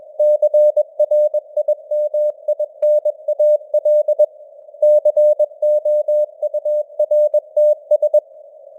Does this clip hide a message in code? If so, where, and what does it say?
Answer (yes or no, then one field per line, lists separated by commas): yes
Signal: Morse code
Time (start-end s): 0.2-8.2 s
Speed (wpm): 21 wpm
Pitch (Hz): 600 Hz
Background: none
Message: CRIMINAL COURTS